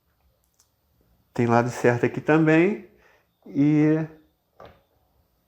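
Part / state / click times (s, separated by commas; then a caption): dragon section of a resin statue into its magnetic mount on the statue / seated / 4.6 s. A section of the dragon on a 1/10 scale resin collectible statue is fitted into its keyed, magnetic socket on the statue. Someone talks, then a single sharp snap is heard at 4.6 s as the part seats in place.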